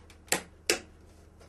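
A second RAM module is pushed down into the matching-color memory slot on a motherboard. The retention clips snap with two sharp clicks at 0.3 s and 0.7 s, after a faint tick near 0.1 s, and the module is seated.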